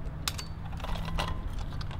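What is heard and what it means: An Elinchrom Quadra ELB 400 flash unit or battery pack is unclipped and taken out of its camera holster on a Boomerang flash bracket rig. A sharp click at 0.3 s, likely the catch letting go, is followed by lighter taps and rattles over a low hum. The unit is released and comes off clean.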